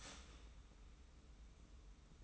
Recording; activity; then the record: daily activity, microphone in the room; start toaster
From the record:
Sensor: 1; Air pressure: 990.6 hPa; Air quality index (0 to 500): 145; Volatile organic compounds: 903 ppm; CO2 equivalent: 5210 ppm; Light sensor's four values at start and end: 28/66/28/30 and 28/66/28/30